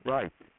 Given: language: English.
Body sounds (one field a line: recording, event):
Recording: throat vibration sensor signal played as sound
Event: speech